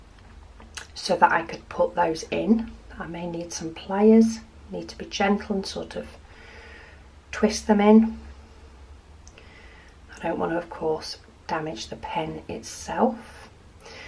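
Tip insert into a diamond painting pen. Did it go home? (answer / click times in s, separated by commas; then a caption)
partly / 9.3 s, 9.4 s. Someone talks while gently twisting a tip insert into a hand-turned diamond painting pen from Lassen Lathe Works, possibly with pliers, so as not to damage the pen. Two small clicking hits are heard at 9.3 s and 9.4 s during the twist. The tip ends up only partly pushed in, not all the way.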